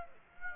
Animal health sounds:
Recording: mosquito wingbeat signal from an infrared sensor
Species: Aedes aegypti

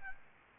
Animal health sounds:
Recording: mosquito wingbeat signal from an infrared sensor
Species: Aedes albopictus

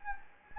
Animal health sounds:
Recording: mosquito wingbeat signal from an infrared sensor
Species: Anopheles gambiae

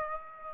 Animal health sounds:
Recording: mosquito wingbeat signal from an infrared sensor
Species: Aedes aegypti

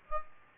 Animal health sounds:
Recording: mosquito wingbeat signal from an infrared sensor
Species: Aedes aegypti

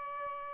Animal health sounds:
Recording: mosquito wingbeat signal from an infrared sensor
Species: Aedes albopictus

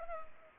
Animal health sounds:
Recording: mosquito wingbeat signal from an infrared sensor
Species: Culex pipiens

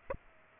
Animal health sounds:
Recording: mosquito wingbeat signal from an infrared sensor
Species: Aedes aegypti

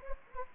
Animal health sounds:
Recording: mosquito wingbeat signal from an infrared sensor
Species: Anopheles gambiae

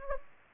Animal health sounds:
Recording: mosquito wingbeat signal from an infrared sensor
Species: Anopheles gambiae

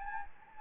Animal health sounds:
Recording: mosquito wingbeat signal from an infrared sensor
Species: Anopheles gambiae

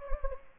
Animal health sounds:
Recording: mosquito wingbeat signal from an infrared sensor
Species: Anopheles gambiae

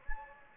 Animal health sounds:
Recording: mosquito wingbeat signal from an infrared sensor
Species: Anopheles gambiae

